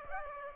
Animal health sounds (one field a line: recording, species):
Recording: mosquito wingbeat signal from an infrared sensor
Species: Aedes aegypti